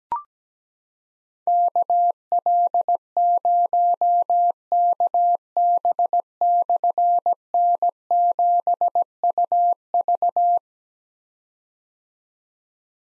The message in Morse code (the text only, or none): KL0KB/N7UV